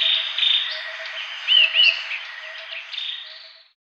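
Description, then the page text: Green iora giving a few short nasal notes, two close together, over a steady ticking background; the sound fades out at the end. "Green Iora Nasal Calls. Quick Sounds"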